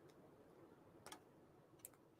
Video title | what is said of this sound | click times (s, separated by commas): Happy Wednesday! | and let's hear this click | 1.1 s, 1.8 s